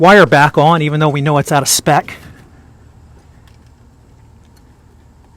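A spark plug wire boot, known to be out of spec, is being handled to go back onto its spark plug on a 2007–2014 GM Chevy/GMC truck 5.3L AFM V8 during P0300 single-cylinder misfire diagnosis and repair. Someone talks for about the first two seconds, followed by quiet handling with faint brief ticks near 3.5 s and 4.6 s. Nothing has seated or clicked yet.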